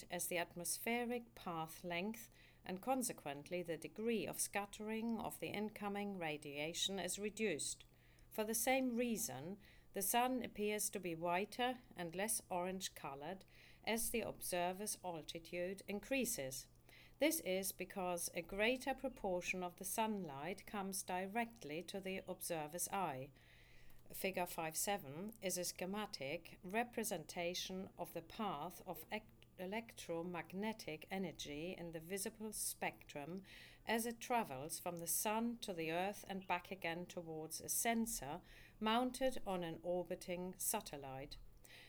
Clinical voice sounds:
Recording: text read into a phone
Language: English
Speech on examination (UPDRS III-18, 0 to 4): 0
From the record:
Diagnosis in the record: healthy control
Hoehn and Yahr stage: 0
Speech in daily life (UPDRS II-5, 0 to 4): 0

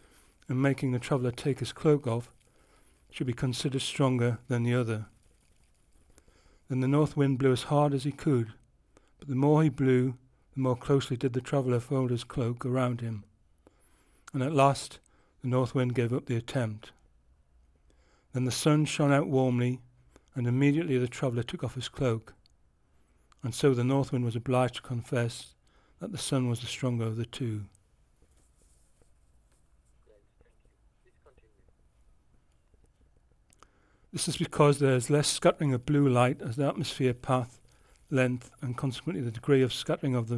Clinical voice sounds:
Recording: text read into a phone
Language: English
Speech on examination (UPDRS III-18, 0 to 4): 1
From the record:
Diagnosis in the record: Parkinson's disease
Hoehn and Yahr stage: 3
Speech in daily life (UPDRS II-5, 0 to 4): 0

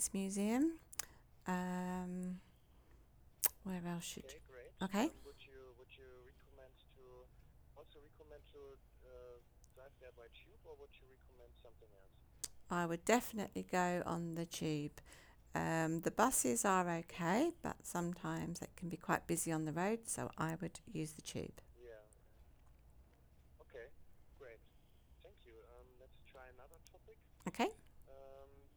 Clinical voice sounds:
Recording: conversation on a phone call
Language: English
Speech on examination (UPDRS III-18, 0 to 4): 0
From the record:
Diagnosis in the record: healthy control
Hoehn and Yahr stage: 0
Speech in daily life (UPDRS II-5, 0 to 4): 0

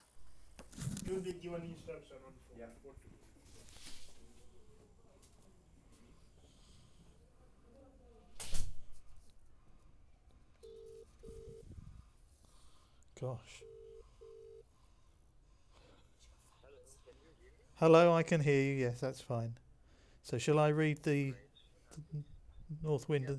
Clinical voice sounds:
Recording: text read into a phone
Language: English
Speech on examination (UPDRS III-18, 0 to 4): 0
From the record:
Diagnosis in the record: Parkinson's disease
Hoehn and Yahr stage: 2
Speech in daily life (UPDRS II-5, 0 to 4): 0

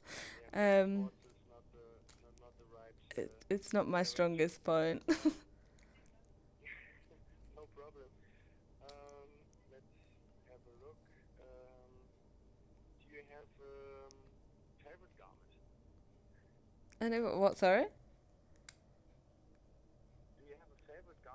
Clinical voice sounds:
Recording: conversation on a phone call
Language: English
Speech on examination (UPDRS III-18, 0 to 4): 0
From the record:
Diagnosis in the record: healthy control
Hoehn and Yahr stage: 0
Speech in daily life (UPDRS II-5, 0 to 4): 0

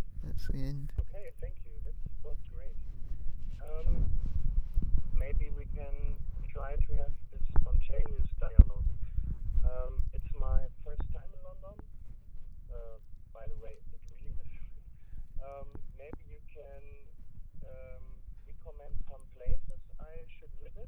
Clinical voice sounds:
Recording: conversation on a phone call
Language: English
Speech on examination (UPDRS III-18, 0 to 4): 2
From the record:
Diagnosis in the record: Parkinson's disease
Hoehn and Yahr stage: 3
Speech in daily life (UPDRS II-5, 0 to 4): 2

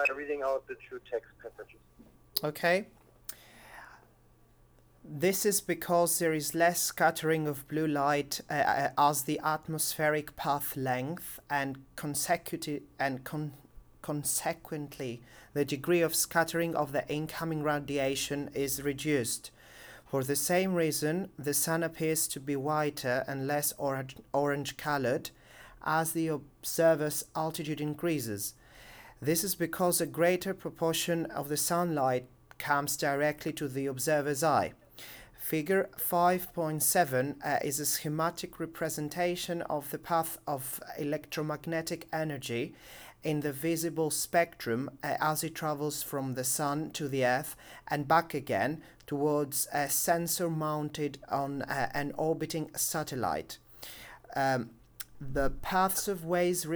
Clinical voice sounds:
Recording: text read into a phone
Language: English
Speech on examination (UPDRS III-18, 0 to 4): 0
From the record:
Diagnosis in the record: healthy control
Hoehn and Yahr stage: 0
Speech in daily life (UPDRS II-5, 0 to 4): 0

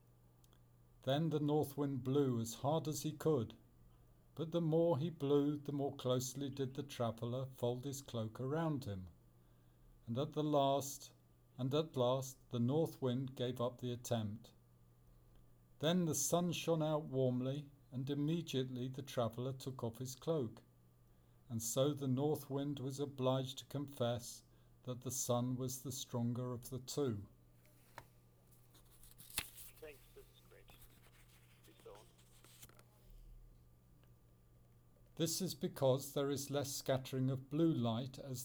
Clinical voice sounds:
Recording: text read into a phone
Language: English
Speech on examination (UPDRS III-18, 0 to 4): 0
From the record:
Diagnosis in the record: Parkinson's disease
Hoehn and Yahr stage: 2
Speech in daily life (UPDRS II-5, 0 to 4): 0

